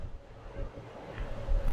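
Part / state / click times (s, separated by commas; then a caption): bobbin winder on a sewing machine / not seated / none. The bobbin winder on an Elna Air Electronic SU sewing machine is being handled after the thread has been led to the bobbin. Low rumbling handling noise is heard with a faint knock near 1.2 s and louder low thumps toward the end. Nothing has seated or clicked yet.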